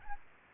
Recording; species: mosquito wingbeat signal from an infrared sensor; Aedes aegypti